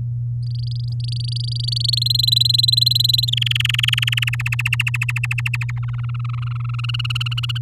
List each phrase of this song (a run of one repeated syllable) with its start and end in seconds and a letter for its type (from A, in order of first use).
0.42-1.99 A, 2.02-3.30 B, 3.32-4.30 C, 4.33-5.71 D, 5.76-6.75 E, 6.79-7.58 F